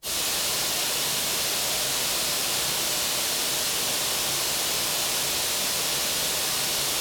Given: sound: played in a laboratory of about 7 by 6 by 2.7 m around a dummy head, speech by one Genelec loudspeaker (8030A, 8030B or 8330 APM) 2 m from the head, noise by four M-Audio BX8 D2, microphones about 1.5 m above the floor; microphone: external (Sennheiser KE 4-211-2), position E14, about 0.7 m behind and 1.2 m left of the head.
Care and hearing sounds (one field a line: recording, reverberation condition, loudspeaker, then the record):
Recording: white noise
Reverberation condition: high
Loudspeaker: four, about 170 cm from the corners of the room and facing them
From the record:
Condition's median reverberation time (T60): about 1300 ms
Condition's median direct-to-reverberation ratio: about -4.0 dB